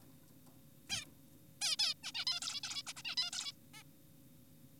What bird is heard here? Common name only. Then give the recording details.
Zebra Finch. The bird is an adult. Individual g4p5U